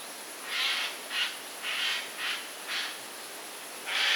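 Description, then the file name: Eurasian jay giving harsh, rasping screeches, six broad bursts in about four seconds, over a faint steady high hiss. "Garrulus glandarius"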